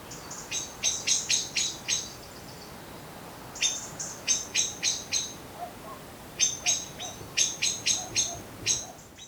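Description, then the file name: Common blackbird calls: sharp, high clicking notes repeated rapidly in bursts, separated by short pauses. "Turdus merula"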